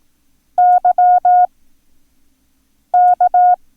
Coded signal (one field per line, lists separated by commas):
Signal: Morse code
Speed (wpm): 18 wpm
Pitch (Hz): 720 Hz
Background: none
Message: YK